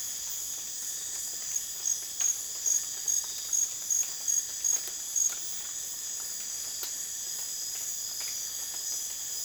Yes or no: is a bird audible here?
no